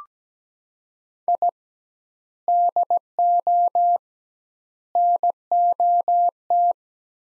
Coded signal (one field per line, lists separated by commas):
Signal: Morse code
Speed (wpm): 17 wpm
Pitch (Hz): 700 Hz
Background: none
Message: I DO NOT